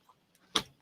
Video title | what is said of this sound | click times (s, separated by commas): November Foxtrot Episode 13 - Happy New Year! | and that's it it's all clicked into place | 0.6 s